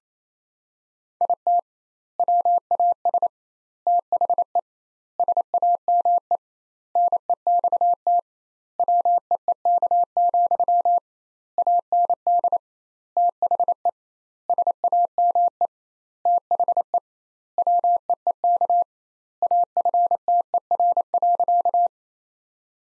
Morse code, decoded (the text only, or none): IT WAS THE SAME NEXT WEEK, AND THE SAME THE WEEK AFTER.